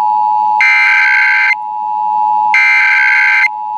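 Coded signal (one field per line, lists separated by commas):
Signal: Emergency Alert System (SAME) tones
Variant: header bursts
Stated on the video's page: National Periodic EAS Test received on Vermont Public Radio and a local country music station.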